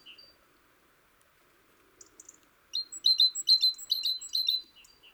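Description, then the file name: Great tit giving a few soft high notes, then a fast, loud run of high chattering call notes mixed with thin whistles lasting about two seconds. "Parus major"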